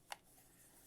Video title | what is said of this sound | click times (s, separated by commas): Brainwavz HM5 Headphones Review | now if you rotate it and it clicks into place | 0.1 s